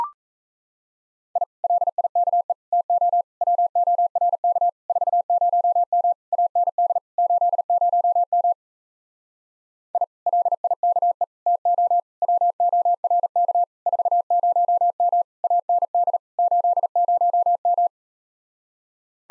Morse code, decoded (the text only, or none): I LIKE TO WORK 40M AND 80M I LIKE TO WORK 40M AND 80M